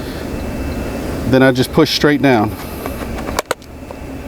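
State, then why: Seated. Someone talks while a pump component, lined up so all three of its retaining clips on the pump are partly engaged, is pushed straight down. It snaps into place with a sharp click at 3.5 s, seating into the clips.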